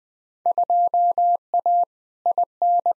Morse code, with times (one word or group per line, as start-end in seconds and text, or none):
0.5-1.8 2A
2.3-2.9 IN